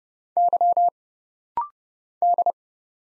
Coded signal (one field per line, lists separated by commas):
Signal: Morse code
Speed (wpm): 31 wpm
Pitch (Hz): 700 Hz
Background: none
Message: Y D